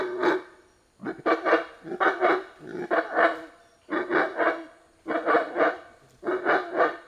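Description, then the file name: Monkey loud calls: repeated rough, barking bursts in clusters, with short pauses between clusters, loud and harsh throughout. Loud calling in forest. "felix blume animal monkey loud calling in forest"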